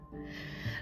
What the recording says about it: My dog snoring in the background.